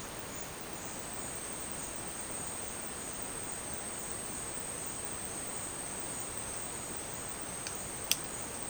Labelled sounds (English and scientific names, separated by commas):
none